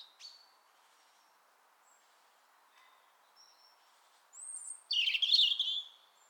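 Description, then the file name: European robin song: faint isolated high notes at first, then after a quiet spell a loud, dense, warbling phrase of high trills. "Erithacus rubecula"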